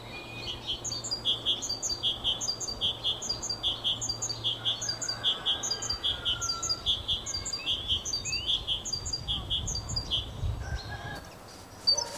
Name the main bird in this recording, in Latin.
Parus major